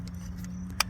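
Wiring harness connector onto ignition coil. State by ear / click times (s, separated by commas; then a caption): seated / 0.8 s. A wiring harness electrical connector is pushed onto an ignition coil of an Infiniti G37 after new spark plugs are installed, snapping home and seating with one sharp, bright click at 0.8 s. Before it, a steady low hum and a few faint ticks fill the background.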